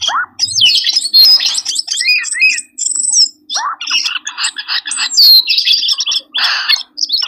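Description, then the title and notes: Birds giving loud mixed chatter, rising whistles and squawky notes that overlap almost without pause. Compilation of lure sounds meant to attract stubborn, wary birds that are hard to approach. "Suara Burung Bandel Yang Susah Mendekati. Kompilasi Suara Pikat Burung"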